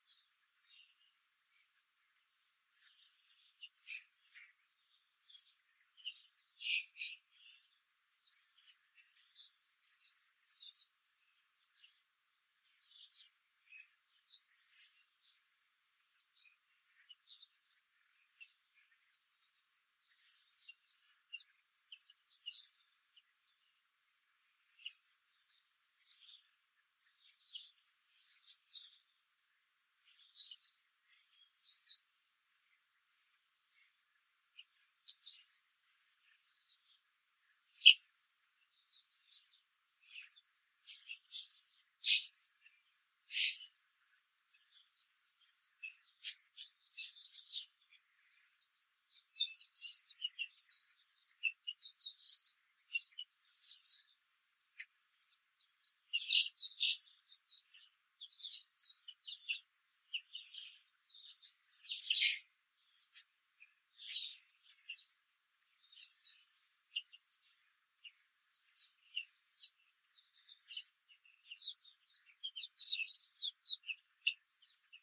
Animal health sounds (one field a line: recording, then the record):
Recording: young laying hens in a cage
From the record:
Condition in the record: control cage, after the stress test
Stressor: none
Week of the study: 4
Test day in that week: 1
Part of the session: 2